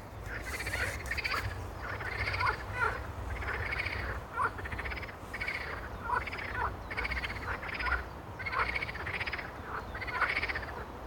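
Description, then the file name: Frogs calling together in repeated waves of rasping croaks, over a constant low background rumble. Frog chorus, described as a concert. "zabi koncert"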